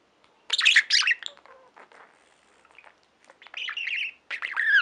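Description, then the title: Budgerigar chatter: loud sharp chirps, a quieter murmuring stretch, then renewed buzzy warbles and a squeaky call. "Budgie Sounds"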